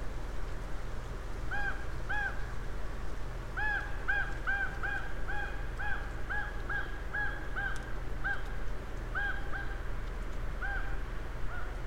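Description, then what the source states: Raven calls: many short, nasal, arched notes in loose bursts over a constant low hum. Several ravens, recorded on 23 October 2008.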